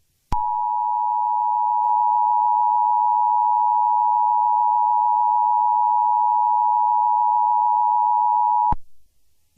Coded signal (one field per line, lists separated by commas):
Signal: Emergency Alert System (SAME) tones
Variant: 853 and 960 Hz attention tone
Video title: TWISTERWORK: An EAS Scenario